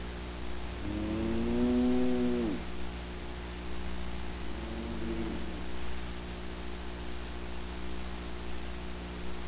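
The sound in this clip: Cow lowing, one drawn-out harmonic moo early on and a fainter second one soon after, over a constant low mechanical hum.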